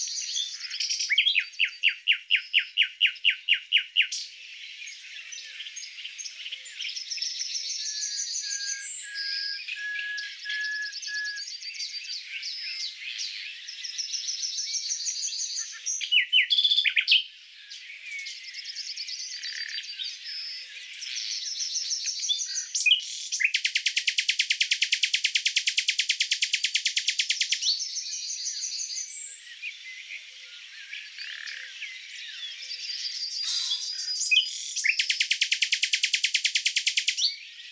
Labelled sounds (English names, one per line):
Common Nightingale song